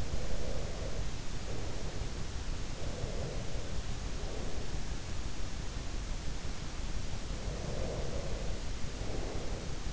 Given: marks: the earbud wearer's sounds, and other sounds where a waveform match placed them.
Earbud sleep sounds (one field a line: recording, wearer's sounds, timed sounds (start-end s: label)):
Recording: sounds in sleep by an in-ear microphone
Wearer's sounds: breath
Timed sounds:
0.00-2.41 s: breath
2.70-4.93 s: breath
7.29-9.81 s: breath